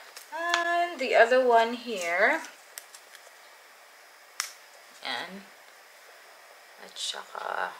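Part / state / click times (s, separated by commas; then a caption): unnamed connector pushed onto its mating fitting (possibly a garden hose coupling) / seated / 4.4 s. Someone talks while pushing the second of two unnamed connectors onto its mating fitting, possibly a garden hose coupling. A sharp, short click at 4.4 s shows the connector has seated, and the talking continues afterward.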